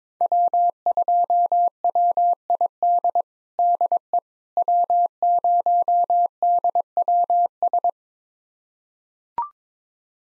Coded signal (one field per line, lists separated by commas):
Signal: Morse code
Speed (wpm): 22 wpm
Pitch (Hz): 700 Hz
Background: none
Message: W2WID DE W0DWS